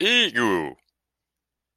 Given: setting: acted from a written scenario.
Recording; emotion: vocal sound without words; negative surprise